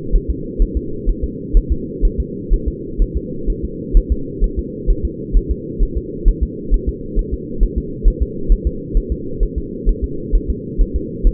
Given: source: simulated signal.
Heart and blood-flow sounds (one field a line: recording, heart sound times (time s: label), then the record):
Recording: fetal heart sounds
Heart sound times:
0.16 s: S1
0.30 s: S2
0.62 s: S1
0.77 s: S2
1.09 s: S1
1.24 s: S2
1.57 s: S1
1.72 s: S2
2.05 s: S1
2.20 s: S2
2.53 s: S1
2.68 s: S2
3.02 s: S1
3.17 s: S2
3.50 s: S1
3.65 s: S2
3.97 s: S1
4.12 s: S2
4.44 s: S1
4.59 s: S2
4.90 s: S1
5.05 s: S2
5.37 s: S1
5.51 s: S2
5.83 s: S1
5.97 s: S2
6.28 s: S1
6.43 s: S2
6.74 s: S1
6.89 s: S2
7.19 s: S1
7.34 s: S2
7.63 s: S1
7.78 s: S2
8.08 s: S1
8.22 s: S2
8.52 s: S1
8.67 s: S2
8.97 s: S1
9.12 s: S2
9.43 s: S1
9.58 s: S2
9.89 s: S1
10.04 s: S2
10.35 s: S1
10.50 s: S2
10.81 s: S1
10.96 s: S2
11.27 s: S1
From the record:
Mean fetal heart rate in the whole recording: 130 bpm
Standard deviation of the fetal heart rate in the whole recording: 4 bpm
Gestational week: 38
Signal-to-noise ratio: -4.3 dB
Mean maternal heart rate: 72 bpm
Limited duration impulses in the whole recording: absent